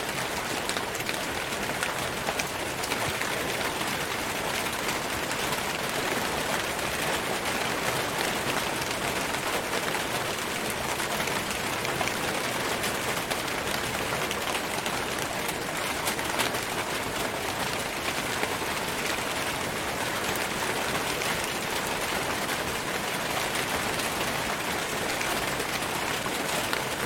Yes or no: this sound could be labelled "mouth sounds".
no